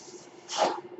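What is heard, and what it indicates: A brief breathy whoosh of air over a low steady hum: a person's own home mechanical ventilator delivering a breath.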